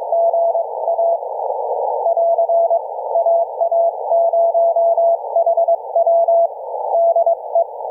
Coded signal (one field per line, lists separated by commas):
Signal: Morse code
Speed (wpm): 22 wpm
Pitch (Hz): 670 Hz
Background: none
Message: GA <AR> AA0HW DE